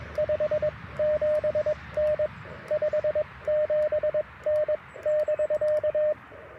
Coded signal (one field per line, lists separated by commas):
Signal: Morse code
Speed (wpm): 22 wpm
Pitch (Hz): 610 Hz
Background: radio noise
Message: 57N 57N <BK>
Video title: Mag Loop Antenna for QRP POTA - 10/25/23 @ Tuskegee National Forest (K-4451)